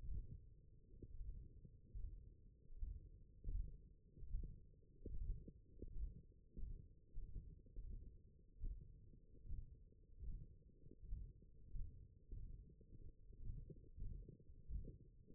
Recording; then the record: forearm muscle sounds (acoustic myography)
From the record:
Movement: ulnar deviation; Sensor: system 1, eight BSWA MPA416 microphones around the upper forearm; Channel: 7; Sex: male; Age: 21 years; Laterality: right